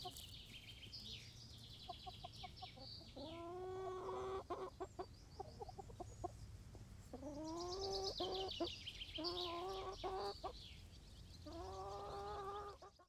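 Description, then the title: Chickens making repeated long, slightly rising, nasal calls with quick clucks in between, against high chirping and occasional sharp clicks. Chickens in a henhouse making little noises while eating; Laren Gld., July 18th 2015. "Henhouse. Kippenhok (Laren Gld"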